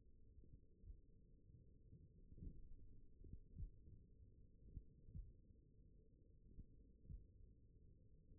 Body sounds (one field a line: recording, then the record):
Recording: forearm muscle sounds (acoustic myography)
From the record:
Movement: tripod grip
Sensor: system 1, eight BSWA MPA416 microphones around the upper forearm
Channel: 7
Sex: male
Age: 42 years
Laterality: right